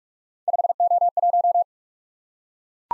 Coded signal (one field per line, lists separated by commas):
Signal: Morse code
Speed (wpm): 42 wpm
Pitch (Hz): 700 Hz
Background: none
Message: 5O1